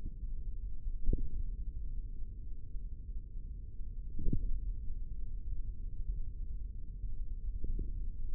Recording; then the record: forearm muscle sounds (acoustic myography)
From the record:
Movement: tripod grip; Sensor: system 3, bracelet of six PUI Audio POM-2738L microphones around the upper forearm, with dedicated amplification and filtering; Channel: 3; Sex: male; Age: 25 years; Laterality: right